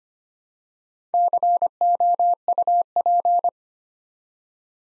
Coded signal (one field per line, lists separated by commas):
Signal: Morse code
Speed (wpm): 25 wpm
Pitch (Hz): 700 Hz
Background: none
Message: COUP